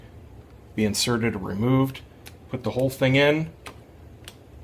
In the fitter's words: press the center until it clicks that's it that's all you have to do to put these in I love these things